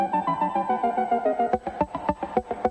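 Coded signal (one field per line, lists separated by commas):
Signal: none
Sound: synthesizer music notes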